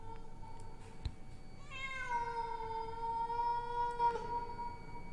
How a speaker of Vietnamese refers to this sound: Trong lúc mọi người còn đang dấm dứt khóc thì tự nhiên con mèo nó lại kêu lên.